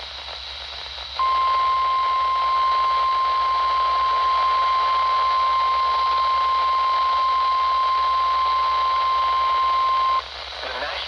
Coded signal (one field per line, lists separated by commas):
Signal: Emergency Alert System (SAME) tones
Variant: 1050 Hz attention tone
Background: speech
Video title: (EAS "#979") Severe Thunderstorm Watch #498 from WWF60 (Buck Mtn., NC) - 7/19/2026